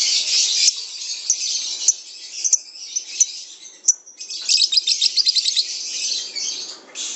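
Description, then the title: Lovebird chattering song, a dense high-pitched stream broken by sharp clicks and brief pauses, then a burst of quick staccato notes before easing into steady chatter. Lovebird masteran (training song) recording. "MASTERAN BURUNG 2. LoveBird"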